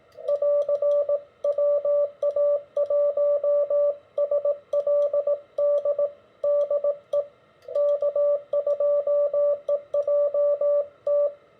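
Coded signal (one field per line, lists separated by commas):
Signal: Morse code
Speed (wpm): 19 wpm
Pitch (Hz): 580 Hz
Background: radio noise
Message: <AR> WA1SLD DE K2EJT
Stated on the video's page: Standard CW QSO following a club QSO protocol, as a guide for new CW operators.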